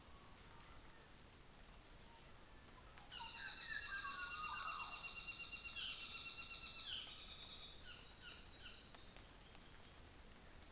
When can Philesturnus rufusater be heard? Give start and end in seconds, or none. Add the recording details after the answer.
3.01-9.02. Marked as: faintness 2/5. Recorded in New Zealand on 24 December 2018. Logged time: 09:00